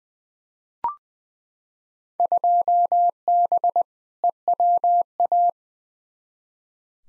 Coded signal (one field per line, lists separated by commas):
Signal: Morse code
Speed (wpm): 21 wpm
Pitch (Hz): 700 Hz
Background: none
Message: 2B EWA